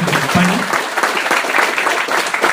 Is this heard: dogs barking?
no